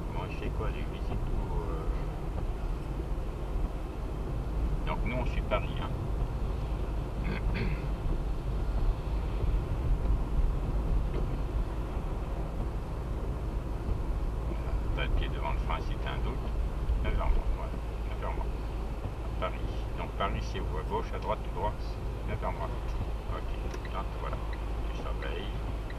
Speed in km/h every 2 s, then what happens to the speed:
42, 43, 43, 42, 43, 42, 44, 45, 44, 44, 43, 43, 43.
0-26 steady at about 43.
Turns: none.